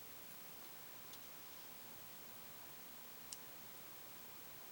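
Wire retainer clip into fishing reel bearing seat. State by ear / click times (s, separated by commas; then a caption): not seated / none. A thumb presses a small wire retainer clip into the housing of a Johnny Morris Signature Series JMX10SHD fishing reel to hold a replacement Boca ball bearing; the clip is still being handled and nothing has seated or clicked yet. Under steady broadband hiss, a faint tick comes near 1.1 s and a brief, sharp tick near 3.3 s.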